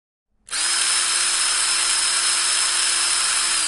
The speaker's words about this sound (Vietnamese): Tiếng máy khoan điện chói tai đột ngột vang lên. Trong thung lũng tuyết yên tĩnh nghe rõ mồn một. Lục Lẫm nhíu mày, có người đang khoan băng ở gần đây.